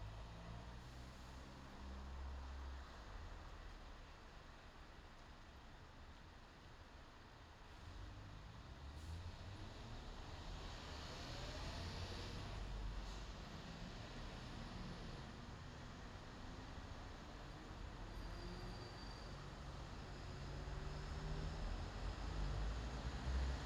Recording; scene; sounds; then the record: everyday scene through a hearing-aid microphone; in traffic; traffic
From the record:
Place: bus stop on a city main road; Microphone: in the ear canal, left